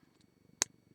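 A small metal jewelry ring on an earring finding is gripped and twisted by hand until it seats. Low, quiet handling noise runs under the clip, then a single sharp, bright click rings out at 0.6 s. The ring is then in place.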